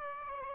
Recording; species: mosquito wingbeat signal from an infrared sensor; Aedes aegypti